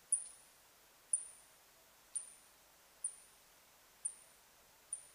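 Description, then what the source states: Birdlike noctule calls: short, high, downward-sweeping chirps repeated at a steady pace over faint steady hiss. Recorded 21 July 2009.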